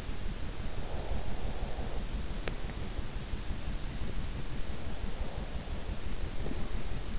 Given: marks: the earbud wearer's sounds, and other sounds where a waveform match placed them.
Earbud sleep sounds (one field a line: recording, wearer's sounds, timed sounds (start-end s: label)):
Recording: sounds in sleep by an in-ear microphone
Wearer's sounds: breath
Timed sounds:
0.44-2.15 s: breath